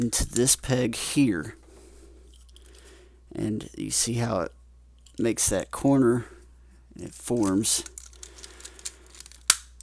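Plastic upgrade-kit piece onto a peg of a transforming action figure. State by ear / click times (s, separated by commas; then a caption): seated / 9.5 s. A plastic DNA DK-08ex upgrade-kit piece is pushed onto a peg of a Throne of the Primes Optimal Optimus transforming action figure, forming a corner. Someone talks over faint handling ticks, then a single sharp, loud snap at 9.5 seconds seats the piece in place.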